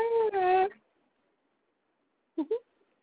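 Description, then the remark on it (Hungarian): A cat gives a drawn-out, tonal meow with a slightly wavering pitch into a telephone during a phone call, then after a pause lets out two quick, short chirping mews. “Hát, na, mondja, Cicám. Mit mondasz?”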